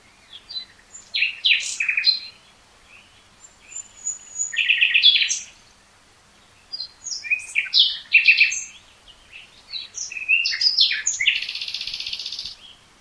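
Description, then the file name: Common nightingale singing rich varied phrases with whistles, rapid trills and chattering notes, ending in a dense buzzy trill. "Luscinia megarhynchos"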